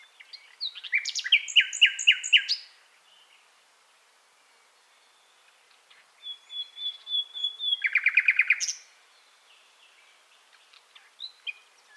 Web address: SETE Luscinia megarhynchos